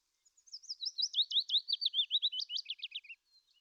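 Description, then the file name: Willow warbler singing a full phrase of slurred whistles that starts high and drops lower, lasting about three seconds, with a few faint notes afterwards. "fitis"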